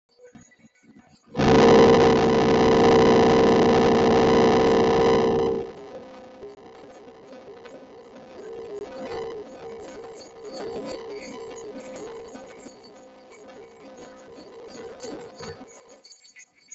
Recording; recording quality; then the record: sustained vowel as in boot; moderate, slight background noise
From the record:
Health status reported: healthy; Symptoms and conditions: none ticked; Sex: male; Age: 27 years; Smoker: not ticked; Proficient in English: yes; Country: India